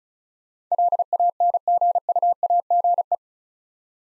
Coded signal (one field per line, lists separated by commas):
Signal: Morse code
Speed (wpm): 36 wpm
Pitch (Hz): 700 Hz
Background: none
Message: LANGUAGE